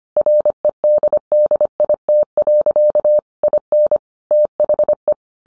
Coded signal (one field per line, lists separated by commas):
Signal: Morse code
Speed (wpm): 25 wpm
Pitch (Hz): 600 Hz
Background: none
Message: REDDIT. IN THE